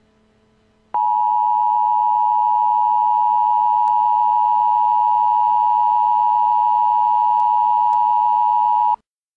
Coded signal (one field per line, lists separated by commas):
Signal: Emergency Alert System (SAME) tones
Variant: 853 and 960 Hz attention tone